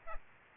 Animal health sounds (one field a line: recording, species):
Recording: mosquito wingbeat signal from an infrared sensor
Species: Aedes aegypti